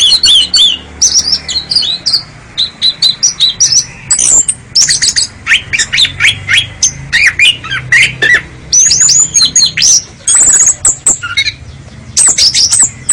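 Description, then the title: Oriental magpie-robin singing a varied medley of high whistled notes, squeaky chirps and quick trills. "Kacer"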